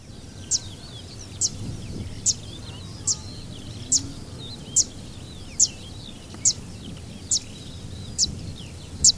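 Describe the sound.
Fan-tailed warbler giving piercing, high clicking 'zit' calls repeated evenly at about one a second, with faint background noise throughout.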